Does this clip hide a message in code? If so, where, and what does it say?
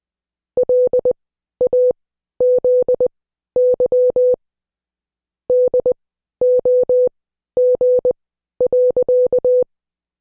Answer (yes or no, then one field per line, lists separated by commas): yes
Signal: Morse code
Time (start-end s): 0.6-9.6 s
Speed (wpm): 20 wpm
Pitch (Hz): 500 Hz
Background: none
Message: LAZY DOG.